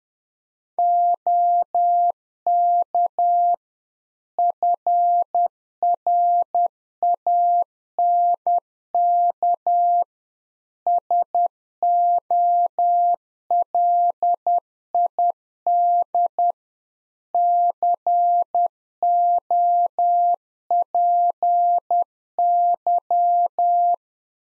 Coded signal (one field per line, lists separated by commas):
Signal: Morse code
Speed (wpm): 10 wpm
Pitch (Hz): 700 Hz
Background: none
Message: OK FRANK SOLID COPY